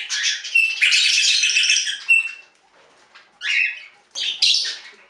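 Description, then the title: Budgerigar chattering in dense, scratchy warbling bursts with buzzy squawks, broken by a short pause before two more harsh chattering outbursts. "Budgie Sounds"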